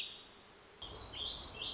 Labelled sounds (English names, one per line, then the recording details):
Warbling Vireo
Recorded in Sonoma County, California